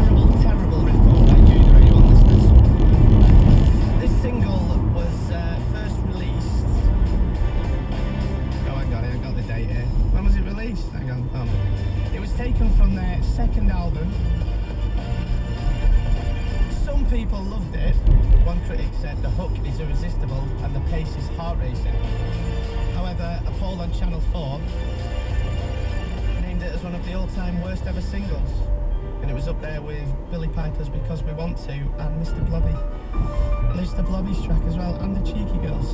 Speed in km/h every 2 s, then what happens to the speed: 87, 76, 66, 56, 50, 48, 50, 48, 50, 50, 50, 47, 44, 45, 45, 45, 45, 47.
0-9 brakes to 48. 9-21 steady at about 50. 21-23 slows to 44. 23-36 steady at about 45.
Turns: none.